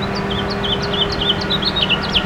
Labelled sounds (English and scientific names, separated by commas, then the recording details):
House Finch (Haemorhous mexicanus) song
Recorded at Bellport on Long Island, New York, on 21 June 2013
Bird E